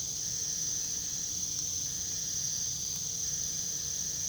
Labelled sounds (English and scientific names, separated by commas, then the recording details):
none
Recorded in pastures near Puerto Asís, Putumayo, Colombia, on 21 February 2024 at 05:00
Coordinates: 0.486, -76.323
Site G6462